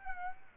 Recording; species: mosquito wingbeat signal from an infrared sensor; Aedes aegypti